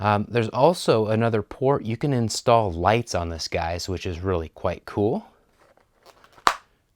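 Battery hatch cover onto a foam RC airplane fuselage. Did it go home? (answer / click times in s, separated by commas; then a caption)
yes / 6.5 s. The foam battery hatch cover of an E-flite UMX Ultrix RC plane is placed back over the battery bay of the foam fuselage and pulled home by its very strong magnets. Someone talks for about the first five seconds, then after a few faint handling ticks a single sharp snap at 6.5 s marks the hatch seating.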